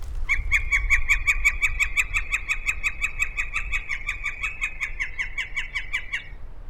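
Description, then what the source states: Northern Flicker call, a long sustained laughing series of many rapid, evenly spaced notes, with low rumbling background noise. Played from a phone in the field; call described as long and sustained like a laugh, given once and then again and again.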